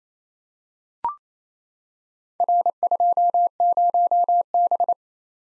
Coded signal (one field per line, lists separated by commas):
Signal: Morse code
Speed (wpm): 27 wpm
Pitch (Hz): 700 Hz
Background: none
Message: R20B